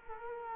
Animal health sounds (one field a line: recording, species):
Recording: mosquito wingbeat signal from an infrared sensor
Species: Culex quinquefasciatus